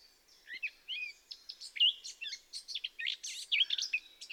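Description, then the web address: Eurasian blackcap giving a continuous, varied warble of quick whistled and scratchy notes, swooping up and down without pause. "SETE data Sylvia atricapilla"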